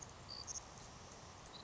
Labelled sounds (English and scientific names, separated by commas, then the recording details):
Savannah Sparrow (Passerculus sandwichensis)
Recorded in Sonoma County, California